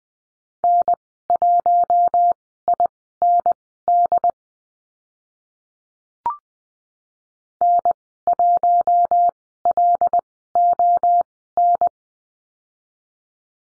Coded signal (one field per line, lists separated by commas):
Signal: Morse code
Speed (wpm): 20 wpm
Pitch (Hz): 700 Hz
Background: none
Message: N1IND N1LON